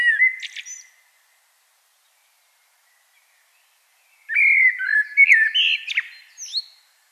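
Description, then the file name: Common blackbird song: the tail of a phrase with a squeaky flourish, a long silence, then a rich warbled phrase ending in high thin notes. "Turdus merula"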